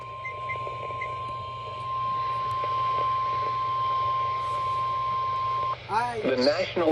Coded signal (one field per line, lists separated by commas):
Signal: Emergency Alert System (SAME) tones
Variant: 1050 Hz attention tone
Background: speech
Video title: HELLTARGET (An EAS Compilation On May 19-20TH) with alerts on FM AND GUPT IP RADIO!!